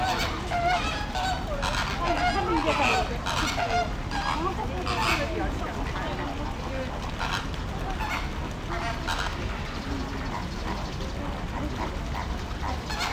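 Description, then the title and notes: Flamingo flock calling, many harsh nasal honks tumbling over one another, over constant low rumbling noise. Flamingos in Kowloon Park, Hong Kong, recorded 26 December 2020. "20 12 26 Flamingos in Kowloon Park"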